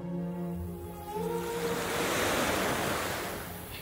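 Ocean waves roll onto the shore, a steady hiss of surf that swells to a loud rushing peak midway and then slowly recedes, with a faint low tonal hum at the start.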